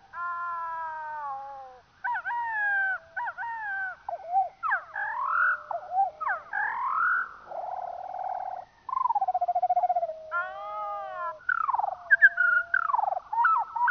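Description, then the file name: Eurasian skylark song at slow speed: a falling drawn-out whistle opens a varied sequence of slurred whistles, buzzy trills and sweeping notes. Played slowed down. "skylark slowed down"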